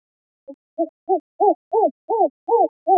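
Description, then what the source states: Spectacled owl giving a rapid run of about eight deep, knocking hoots that swell in volume and hold steady near the end, against silence. Costa Rica.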